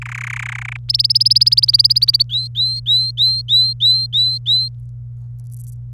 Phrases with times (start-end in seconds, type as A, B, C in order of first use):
0.02-0.77 A, 0.89-2.23 B, 2.29-4.68 C